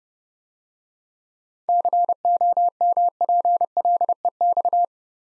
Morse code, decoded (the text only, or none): COMPLEX